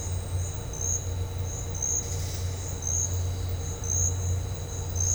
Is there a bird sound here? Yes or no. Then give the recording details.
no. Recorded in dense forest near Puerto Asís, Putumayo, Colombia, on 4 March 2025 at 10:00. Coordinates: 0.468, -76.322. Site GP01